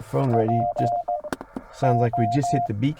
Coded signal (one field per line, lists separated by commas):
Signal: Morse code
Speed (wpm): 16 wpm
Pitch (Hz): 700 Hz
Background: speech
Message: PO